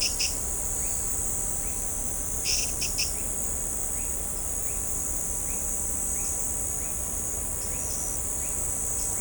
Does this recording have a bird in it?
no